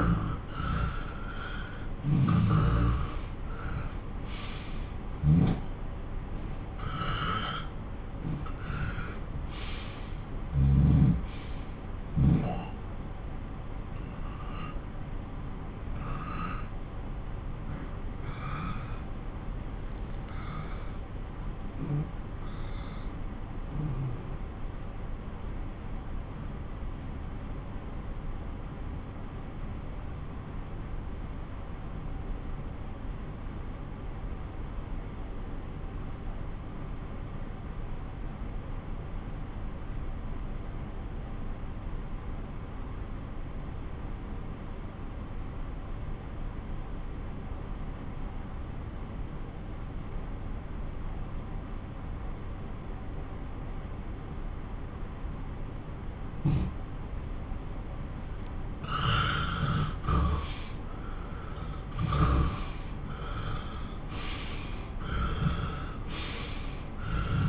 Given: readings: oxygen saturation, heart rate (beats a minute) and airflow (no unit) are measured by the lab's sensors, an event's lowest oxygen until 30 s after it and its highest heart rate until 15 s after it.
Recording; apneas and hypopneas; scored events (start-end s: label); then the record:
breathing in sleep by a smartphone at the bedside; 1
13.00-56.80 s: obstructive apnea (N2, oxygen 96% highest, then 88% lowest)
61.00-67.49 s: new sleep stage, N1 (lightest sleep)
From the record:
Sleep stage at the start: N2 (light sleep); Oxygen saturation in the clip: 90 to 96%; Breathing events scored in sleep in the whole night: 217 in 6.3 hours asleep